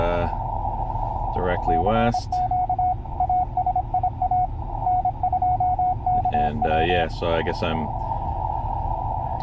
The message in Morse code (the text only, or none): CQ ASIA N2KW